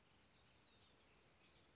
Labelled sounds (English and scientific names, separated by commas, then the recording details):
Western Flycatcher (Empidonax difficilis)
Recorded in Sonoma County, California